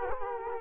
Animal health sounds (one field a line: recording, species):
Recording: mosquito wingbeat signal from an infrared sensor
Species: Culex quinquefasciatus